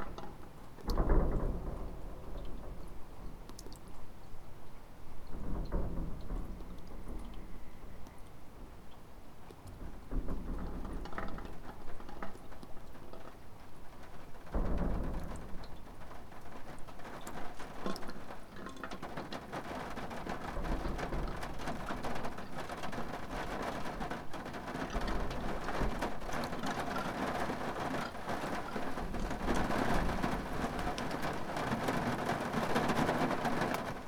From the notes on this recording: water dripping from the gutters of a remote farmhouse outbuilding after a passing storm at 3am